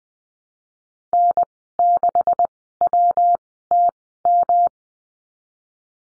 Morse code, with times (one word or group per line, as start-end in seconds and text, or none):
1.1-1.4 N
1.8-2.5 6
2.8-3.4 W
3.7-3.9 T
4.3-4.7 M